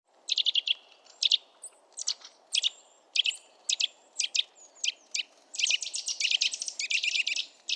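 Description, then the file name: Eurasian nuthatch giving short bursts of sharp, high clicking notes, spaced at first and then running into a faster, denser chatter near the end over faint background hum. "Sitta europaea"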